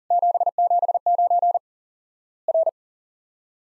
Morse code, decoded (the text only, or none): 779 R